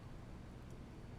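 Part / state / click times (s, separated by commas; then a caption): USB connector component into its housing on a DIY cable / not seated / none. A USB connector part is handled and pressed toward its housing while a DIY USB cable is being assembled. Only a steady low rumble and faint broadband noise are heard. Nothing has seated or clicked yet.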